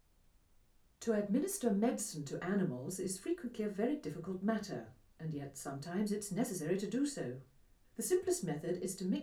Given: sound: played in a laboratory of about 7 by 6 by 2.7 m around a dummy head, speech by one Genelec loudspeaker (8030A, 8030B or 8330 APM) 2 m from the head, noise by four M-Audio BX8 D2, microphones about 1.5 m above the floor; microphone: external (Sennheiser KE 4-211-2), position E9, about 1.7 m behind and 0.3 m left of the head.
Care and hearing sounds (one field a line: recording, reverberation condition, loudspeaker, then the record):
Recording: female speech in English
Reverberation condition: low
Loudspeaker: 90 degrees to the left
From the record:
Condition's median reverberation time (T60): about 310 ms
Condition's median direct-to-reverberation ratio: about 3.5 dB